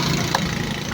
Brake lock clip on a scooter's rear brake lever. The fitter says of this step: kapag nakaganyan na yan Hindi naandar yung gulong mo sa likod kasi naka-lock na